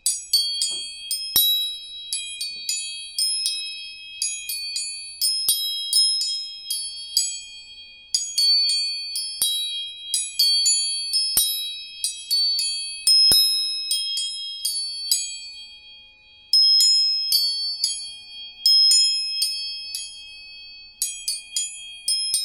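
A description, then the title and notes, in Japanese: Tuning forks are struck repeatedly, each bright metallic ping ringing out and fading, with a steady high tone sustained underneath and brief pauses. 音叉チューニング全体性。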